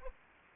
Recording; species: mosquito wingbeat signal from an infrared sensor; Aedes aegypti